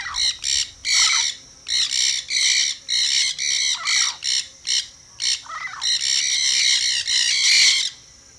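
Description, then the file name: Nanday parakeet squawks, harsh screeching calls in rapid, almost continuous bursts. "nanday parakeet"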